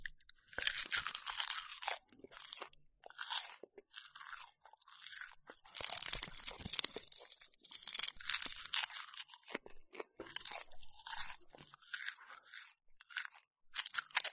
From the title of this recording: Eating Seaweed